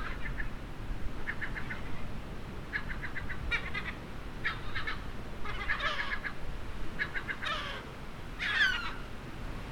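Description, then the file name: Gull calls: short bursts of harsh, harmonic notes, repeated in quick runs every second or so, over a steady low rumble. "STC moewen"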